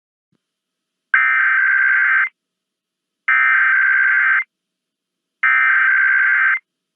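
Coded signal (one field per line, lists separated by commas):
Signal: Emergency Alert System (SAME) tones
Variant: header bursts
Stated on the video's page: Mock required monthly test, a simulated recreation.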